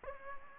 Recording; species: mosquito wingbeat signal from an infrared sensor; Aedes aegypti